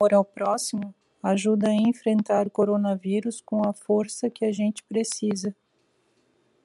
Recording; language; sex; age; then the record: spoken sentence; Brazilian Portuguese; female; 40 to 49 years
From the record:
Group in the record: control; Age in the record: 47 years